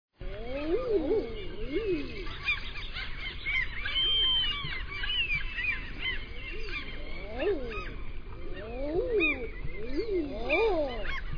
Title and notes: Ærfugl by forskningno